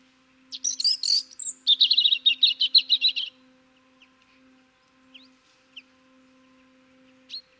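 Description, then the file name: European robin song: a high warbling phrase breaking into a fast trill of rapidly repeated notes for about two seconds, then scattered thin high notes over a faint low hum. "Erithacus rubecula"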